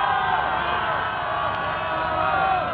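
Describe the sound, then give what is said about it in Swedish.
Hundreds of people leaning out of offices over Kungsgatan in Stockholm cheer and shout at news of victory in a steady, unbroken roar of celebration, many voices blending into a thick, muffled wash of noise that holds its loudness throughout. “Från vartenda kontor sträcker sig hundratals människor ut. Alla jublar och är glada.”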